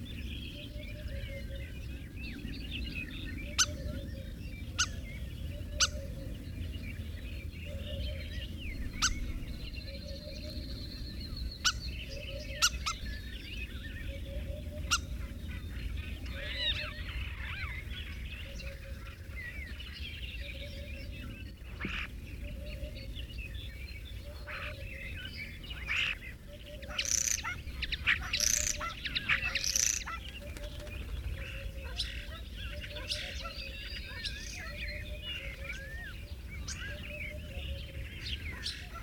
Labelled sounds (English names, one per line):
European Starling song